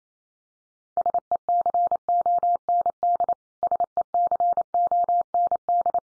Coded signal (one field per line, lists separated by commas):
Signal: Morse code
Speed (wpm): 28 wpm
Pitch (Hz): 700 Hz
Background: none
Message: SECOND SECOND